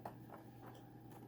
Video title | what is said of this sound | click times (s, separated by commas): Tutorial - Change Belt On Your Dirt Devil Vacuum | there we go we heard that click we're going to push down everything else | 0.1 s, 0.3 s